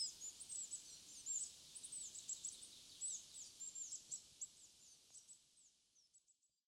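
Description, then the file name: Coal tit uttering rapid high-pitched thin calls and brief slurred whistles, fairly dense at first, then thinning and fading away toward the end. Recorded in Sapporo on 19 March 2011. "higara sapporo namba"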